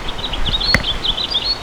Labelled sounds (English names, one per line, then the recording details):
House Finch song
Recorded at Westbury on Long Island, New York, on 27 May 2013
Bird A